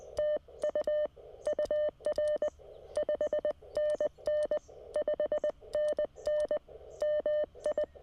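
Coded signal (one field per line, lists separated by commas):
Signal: Morse code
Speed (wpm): 20 wpm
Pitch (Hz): 590 Hz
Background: none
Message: TU UR 5NN 5NN MI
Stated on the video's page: Morse sent during a Parks on the Air state park activation.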